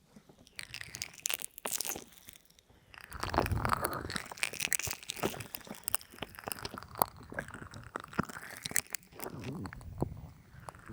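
Ear massage with oil and lotion: dense, wet squishing and crinkling rubs with sharp crackly clicks, swelling louder around three seconds, without talking.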